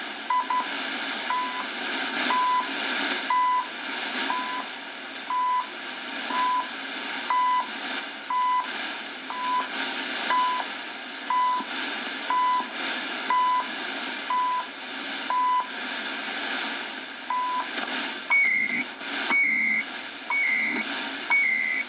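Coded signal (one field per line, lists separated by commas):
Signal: radio time signal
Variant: CHU Canada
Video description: CHU atomic clock heard in san jose Costa Rica 27/12/2014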